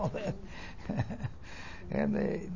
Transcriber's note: laughs